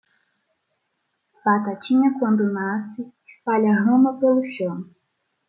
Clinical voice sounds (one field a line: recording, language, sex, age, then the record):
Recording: short text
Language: Brazilian Portuguese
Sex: female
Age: 20 to 29 years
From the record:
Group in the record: control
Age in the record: 23 years